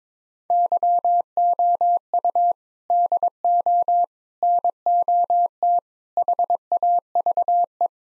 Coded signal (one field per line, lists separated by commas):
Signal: Morse code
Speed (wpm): 21 wpm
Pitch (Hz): 700 Hz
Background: none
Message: YOU DO NOT HAVE